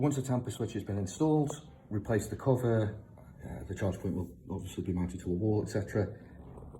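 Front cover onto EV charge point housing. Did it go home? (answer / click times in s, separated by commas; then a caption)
no / none. Someone talks while the plastic front cover of a wall-mounted EV charge point is being handled, ready to refit over the newly installed tamper switch. The cover has not clicked into place yet, and only two faint, short ticks are heard near the end at about 6.6 and 6.8 seconds.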